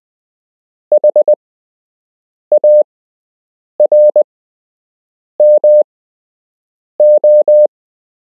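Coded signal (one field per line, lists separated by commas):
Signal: Morse code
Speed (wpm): 20 wpm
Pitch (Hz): 600 Hz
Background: none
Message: HARMO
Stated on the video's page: Beginner's Morse code lesson with a structured lesson plan, part 5 of 8.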